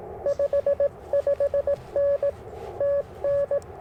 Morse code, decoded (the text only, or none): 55N TN